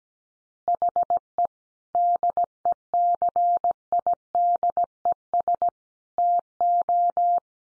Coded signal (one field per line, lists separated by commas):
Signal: Morse code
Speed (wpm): 17 wpm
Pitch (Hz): 700 Hz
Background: none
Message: HE DECIDES TO